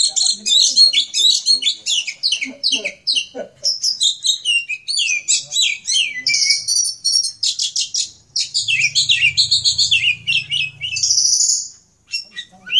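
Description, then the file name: Oriental magpie-robin delivering a long, dense stream of whistled phrases, rapid chattering trills and harsh notes, with a low humming noise partway through. "kicauan kacer raja rimba omkicau"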